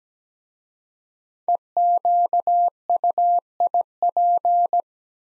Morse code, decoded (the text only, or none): EQUIP